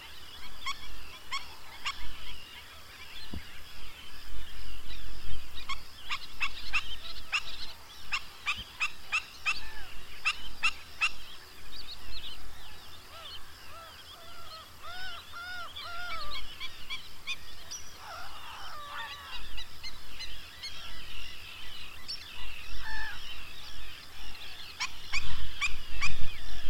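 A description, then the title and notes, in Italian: Waterbirds at the Cabras lagoon call almost without pause, a busy mix of honking, goose-like cries and chattering. Sharp clicking bursts cluster between about 5 and 11 seconds and again near the end, over a steady low rumble. Lo Stagno – Cabras.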